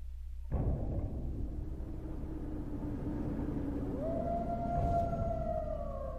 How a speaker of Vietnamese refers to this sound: Bầy quỷ biết bản thân không xong, dùng sức rú lên một tràng dài như báo hiệu cho chủ nhân của chúng nó ở xa xa biết.